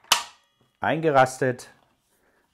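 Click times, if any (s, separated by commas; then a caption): 0.1 s. On a plunge-cut circular saw, the lever is flipped up and the saw is plunged so the metal blade-change lock engages with a sharp snap at 0.1 s, leaving the blade locked in place. Then someone talks.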